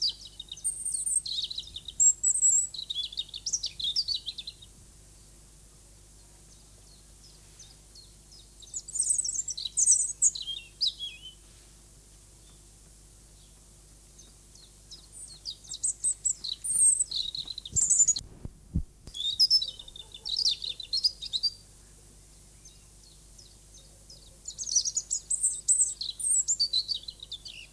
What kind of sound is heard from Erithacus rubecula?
song